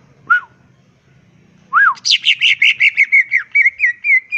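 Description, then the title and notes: Greater green leafbird song: a short whistle, a pause, then a slurred note leading into a fast run of many bright, rhythmic chirps that settle into steadier whistled notes. Singing vigorously (gacor) with ngentrok song style and raised crest (jambul nembak); melodious song described as suitable as a master recording for training leafbirds. "Cucak Ijo Gacor Ngentrok Jambul Nembak. suara burung cucak ijo gacor, merdu cocok buat masteran burung cucak ijo"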